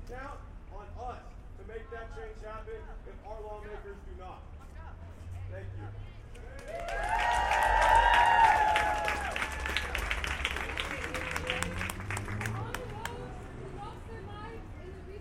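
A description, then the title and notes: Students gather for a school walkout. A crowd talks over a low rumble, then from about seven seconds a burst of cheering, whoops and clapping swells to a peak near eight seconds and slowly fades, with voices and scattered claps continuing to the end. National School Walkout: Garfield High School, Seattle, WA. The collective scratchy sound of humans trying to be quiet in the midst of city noise becomes more intense when listening back. Recording Method: DPA 4060 pair as binaural -> Sound Devices MixPre-3.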